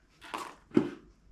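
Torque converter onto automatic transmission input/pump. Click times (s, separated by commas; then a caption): 0.8 s. A torque converter is slid onto the input shaft of a Powerglide automatic transmission, going in for a 350 small-block Chevy in a T-bucket, while being turned, with a broad scraping rub from about 0.2 to 0.6 s. At 0.8 s it drops into its first engagement on the pump and input spline with a soft, low clunk. This is only the first of the two expected clicks, so the converter is partly seated and not fully home yet.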